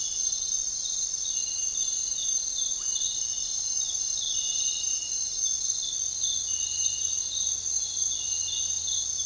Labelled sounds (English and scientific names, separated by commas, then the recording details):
none
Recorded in dense forest near Puerto Asís, Putumayo, Colombia, on 4 March 2025 at 06:00
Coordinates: 0.499, -76.324
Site GP03